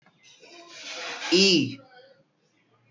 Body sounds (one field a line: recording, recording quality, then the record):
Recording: sustained vowel as in beet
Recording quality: excellent, no background noise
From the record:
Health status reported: healthy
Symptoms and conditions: none ticked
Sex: male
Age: 21 years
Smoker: not ticked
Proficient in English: yes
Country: India